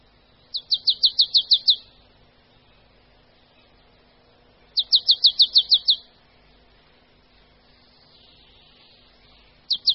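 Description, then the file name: Marsh tit song: a quick run of about eight high, even chipping notes, repeated twice with a pause between, then a third run begins. "Sýkora-babka"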